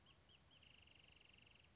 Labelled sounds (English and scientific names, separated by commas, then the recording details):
Wrentit (Chamaea fasciata)
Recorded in Sonoma County, California